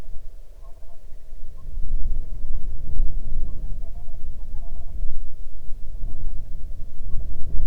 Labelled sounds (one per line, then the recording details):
waterfowl
wind
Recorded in the Arctic National Wildlife Refuge, Alaska, on 8 June 2019 at 00:08
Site 40